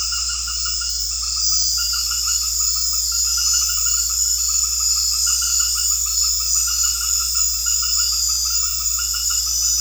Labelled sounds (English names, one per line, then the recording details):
none
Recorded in secondary vegetation near Puerto Asís, Putumayo, Colombia, on 4 March 2025 at 20:30
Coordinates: 0.484, -76.319
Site G010